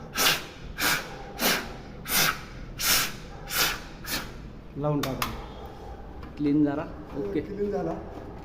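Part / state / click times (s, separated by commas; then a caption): fire alarm detector head into its mounting base / not seated / none. During fire alarm loop panel testing, a fire alarm detector head is being handled and put back onto its mounting base, but nothing has seated or clicked yet in this clip. A series of regular broadband whooshing bursts, like repeated spraying or blowing, fills the first few seconds, followed by someone talking.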